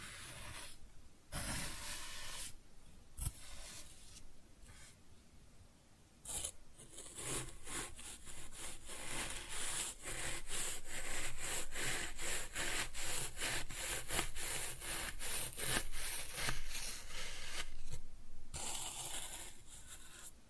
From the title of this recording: Kinetic Sand Cutting and Scooping Sounds